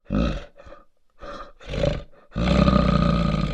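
Bear growling and grunting, a series of rough, low bursts with short gaps, ending in a longer sustained rumbling growl.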